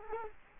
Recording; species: mosquito wingbeat signal from an infrared sensor; Culex quinquefasciatus